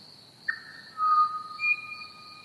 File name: pied butcherbird and crickets chirping